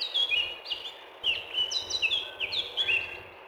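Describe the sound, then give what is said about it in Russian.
A male warbler sings a rapid, varied song of bright whistled phrases and chirps, flowing continuously over a soft, low background hum. “Пение самца Славки превосходно.”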